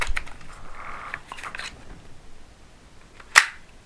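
A detachable Joy-Con side controller, taken off a Switch 2 handheld game console, is pushed back onto its plastic rail after some softer handling clicks and rustling. It snaps into place with a sharp, loud click at 3.4 s, and the controller is seated and fits together well.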